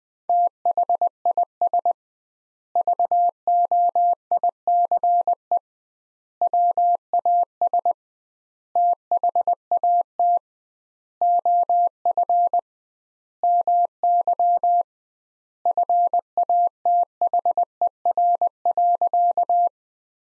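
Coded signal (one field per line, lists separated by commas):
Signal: Morse code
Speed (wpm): 20 wpm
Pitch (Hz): 700 Hz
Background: none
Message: THIS VOICE WAS THAT OF MY FATHER.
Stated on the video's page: Morse practice at 20 wpm: sentences from the top 500 words, sent with twice the standard word spacing, a word-level analogue of Farnsworth.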